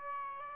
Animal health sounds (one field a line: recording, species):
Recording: mosquito wingbeat signal from an infrared sensor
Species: Aedes albopictus